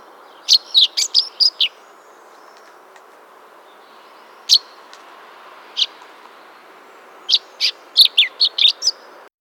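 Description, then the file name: Common chaffinch calls: a fast run of sharp chirps, a few lone notes spaced apart, then another quick cluster of high chirps near the end. "Fringilla coelebs"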